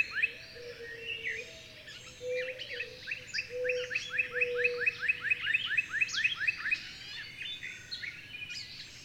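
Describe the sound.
Bird song: a run of rapid chirps in the middle, high twittering notes, and a low steady drawn-out tone underneath.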